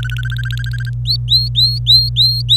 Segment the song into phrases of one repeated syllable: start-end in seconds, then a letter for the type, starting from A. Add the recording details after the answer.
0.00-0.90 A, 1.05-2.56 B. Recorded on 25 April 2018 at 14:30. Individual llb3